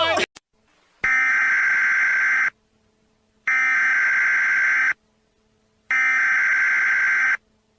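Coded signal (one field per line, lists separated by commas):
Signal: Emergency Alert System (SAME) tones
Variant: header bursts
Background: speech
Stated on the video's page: Prank alien-invasion EAS alert with valid tones.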